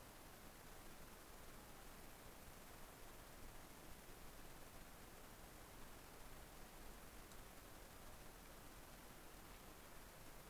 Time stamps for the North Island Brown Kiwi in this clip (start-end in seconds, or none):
none